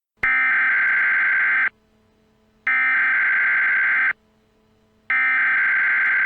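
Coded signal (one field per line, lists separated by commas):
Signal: Emergency Alert System (SAME) tones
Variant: header bursts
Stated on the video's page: Simulated EAS alert, a first mock project for a fictional "cringe warning".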